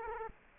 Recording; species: mosquito wingbeat signal from an infrared sensor; Culex quinquefasciatus